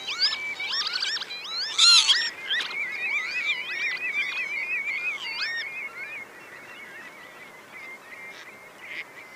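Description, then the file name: Northern lapwing calls: many overlapping slurred whistles rising and falling in pitch from several birds, with a steady high tone running underneath throughout. "Pavoncella"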